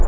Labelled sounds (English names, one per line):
Hermit Warbler flight call